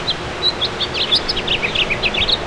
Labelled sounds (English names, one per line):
House Finch song